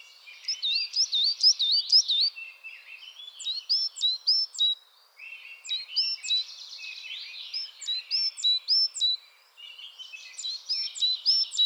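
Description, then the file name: Coal tit chattering calls: busy mix of high, bouncy whistled notes and short buzzy trills, in bursts separated by brief pauses. Chattering (bavarde) calls. "MESANGE NOIRE BAVARDE"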